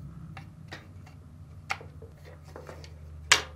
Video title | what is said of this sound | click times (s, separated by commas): How to replace Fisher & Paykel jockey idler pulley kit part # 395579 | push down until it snaps in place | 3.3 s